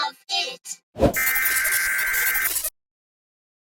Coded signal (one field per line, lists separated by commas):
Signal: Emergency Alert System (SAME) tones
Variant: header bursts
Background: speech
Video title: TPOT has the similar sound from the USA EAS alarm